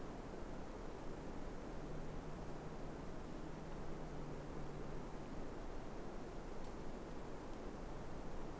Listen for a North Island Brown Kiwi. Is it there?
no